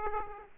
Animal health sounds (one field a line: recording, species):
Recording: mosquito wingbeat signal from an infrared sensor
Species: Aedes aegypti